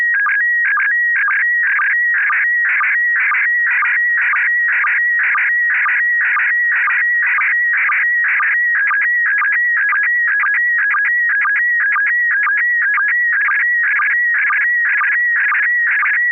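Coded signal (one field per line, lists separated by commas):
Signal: SSTV (slow-scan television)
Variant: PD 120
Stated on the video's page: Morse code ident on an FM repeater at 441.30 MHz during a weekly SSTV net.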